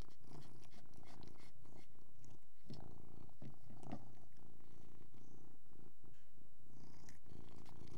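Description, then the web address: Persian cat purring in a steady low rumble, broken by frequent wet clicks and chewing sounds as it eats. Persian cat purring while eating. "BBC Sound Effects Library. Persian Cat Eating And Purring"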